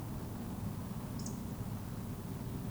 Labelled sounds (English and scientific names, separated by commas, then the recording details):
Eurasian Woodcock (Scolopax rusticola) whistle
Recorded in Baden-Württemberg, Germany, on 24 June 2020 at 20:14 UTC
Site 14569, 102 m above sea level